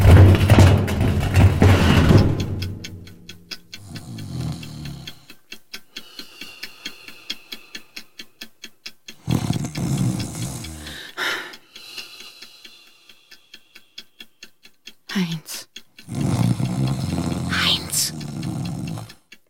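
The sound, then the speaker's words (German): Loud, rasping snores come in heavy bursts, with a rapid rattling flutter trailing between breaths as the sleeper keeps sawing away in a slow, repeating rhythm. “Fingerstechen dieses Schnarchen unterbrechen.”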